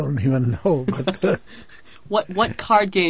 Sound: chuckles

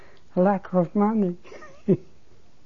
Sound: she laughs

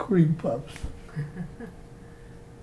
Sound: chuckles

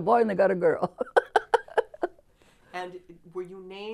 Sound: she laughs

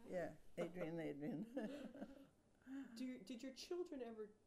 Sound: chuckles

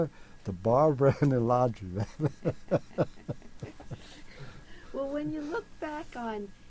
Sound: chuckles

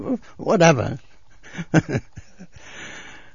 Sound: he laughs

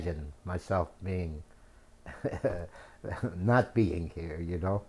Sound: chuckles

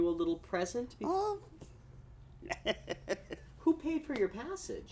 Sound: she laughs

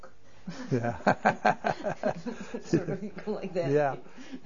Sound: laughs

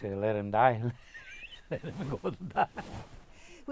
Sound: laughs

